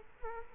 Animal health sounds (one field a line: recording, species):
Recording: mosquito wingbeat signal from an infrared sensor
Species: Culex quinquefasciatus